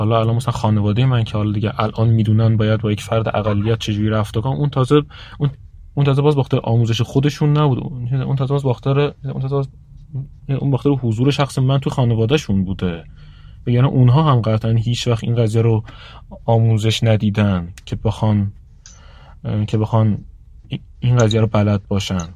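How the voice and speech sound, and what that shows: An adult man speaks Persian in a steady low voice, with repeated whole-word and phrase restarts ("un… un tâze… un tâze bâz", "ke bexân ke bexân") and uneven pauses up to a second. These repetitions and blocked restarts are typical of stuttering, present since childhood, attributed to damage to the brain's speech area, and milder after therapy but not gone.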